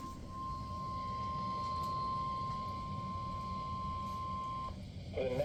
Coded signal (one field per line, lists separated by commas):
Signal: Emergency Alert System (SAME) tones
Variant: 1050 Hz attention tone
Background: speech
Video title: LSX - Severe Thunderstorm Warning on #KDO89 (EAS #1) 7/16/25